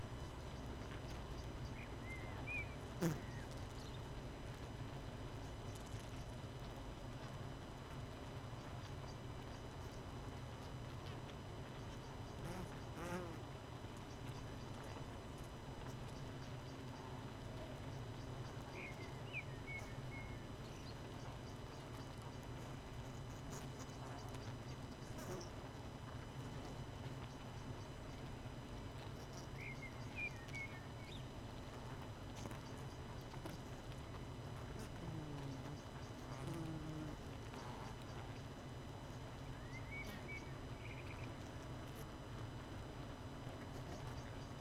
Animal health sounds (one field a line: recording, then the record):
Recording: honeybee colony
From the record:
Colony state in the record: missing queen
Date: 31 May 2018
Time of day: 19:00